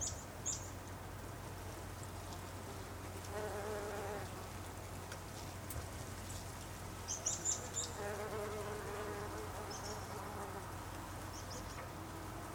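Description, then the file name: Bumblebee buzz swelling and fading in two long passes over a low steady hum, with a few brief faint high sounds. Bumblebees, more than one, recorded 26 August 2012. "hunangsflugur 2012-08-26"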